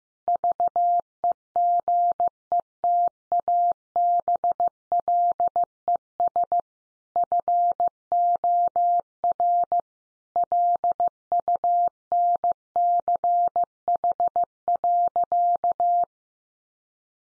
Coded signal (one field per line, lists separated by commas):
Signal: Morse code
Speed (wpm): 15 wpm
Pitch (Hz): 700 Hz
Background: none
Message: VEGETABLES FOR LUNCH.